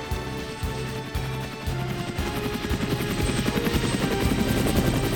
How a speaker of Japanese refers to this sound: ヘリに乗ってお別れするぞ。